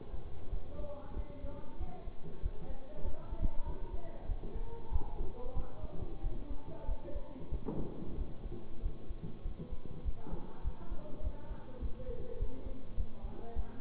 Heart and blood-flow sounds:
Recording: heart sounds by stethoscope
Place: between the tricuspid and mitral areas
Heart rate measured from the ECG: 97 bpm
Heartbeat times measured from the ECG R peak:
0.49 s: heartbeat
1.13 s: heartbeat
1.77 s: heartbeat
2.40 s: heartbeat
3.02 s: heartbeat
3.63 s: heartbeat
4.26 s: heartbeat
4.90 s: heartbeat
5.53 s: heartbeat
6.21 s: heartbeat
6.85 s: heartbeat
7.49 s: heartbeat
8.15 s: heartbeat
8.80 s: heartbeat
9.42 s: heartbeat
10.02 s: heartbeat
10.61 s: heartbeat
11.21 s: heartbeat
11.79 s: heartbeat
12.37 s: heartbeat
12.94 s: heartbeat
13.53 s: heartbeat
From the record:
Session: bicycle stress test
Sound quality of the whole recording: good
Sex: male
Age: 24 years

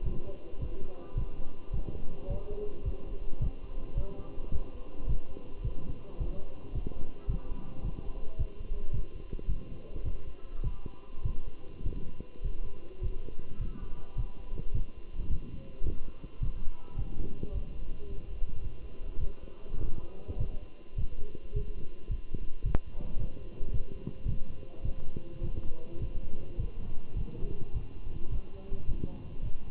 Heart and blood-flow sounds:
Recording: heart sounds by stethoscope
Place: between the tricuspid and mitral areas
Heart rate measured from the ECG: 106 bpm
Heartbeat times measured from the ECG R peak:
0.06 s: heartbeat
0.61 s: heartbeat
1.17 s: heartbeat
1.74 s: heartbeat
2.30 s: heartbeat
2.85 s: heartbeat
3.42 s: heartbeat
3.97 s: heartbeat
4.53 s: heartbeat
5.09 s: heartbeat
5.65 s: heartbeat
6.20 s: heartbeat
6.75 s: heartbeat
7.29 s: heartbeat
7.84 s: heartbeat
8.39 s: heartbeat
8.94 s: heartbeat
9.50 s: heartbeat
10.05 s: heartbeat
10.64 s: heartbeat
11.26 s: heartbeat
11.86 s: heartbeat
12.44 s: heartbeat
13.03 s: heartbeat
13.61 s: heartbeat
14.18 s: heartbeat
14.75 s: heartbeat
15.31 s: heartbeat
15.86 s: heartbeat
16.43 s: heartbeat
16.99 s: heartbeat
17.54 s: heartbeat
18.08 s: heartbeat
18.63 s: heartbeat
19.20 s: heartbeat
19.81 s: heartbeat
20.40 s: heartbeat
20.98 s: heartbeat
21.56 s: heartbeat
22.11 s: heartbeat
22.65 s: heartbeat
23.20 s: heartbeat
23.73 s: heartbeat
24.28 s: heartbeat
24.85 s: heartbeat
25.43 s: heartbeat
26.01 s: heartbeat
26.59 s: heartbeat
27.17 s: heartbeat
27.74 s: heartbeat
28.32 s: heartbeat
28.89 s: heartbeat
29.45 s: heartbeat
From the record:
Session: walking at 3.7 km/h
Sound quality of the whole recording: good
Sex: male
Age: 27 years

